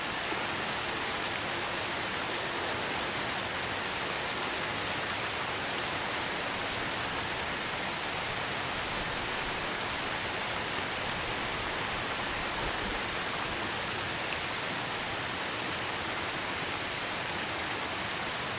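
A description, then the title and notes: Steady, dense rain falls through a forest in an even hiss, bright and constant with no pauses, a faint low rumble beneath throughout. Rainy Forest Soothing Rain Sounds. Beautiful Forest Rain. Distantthunder.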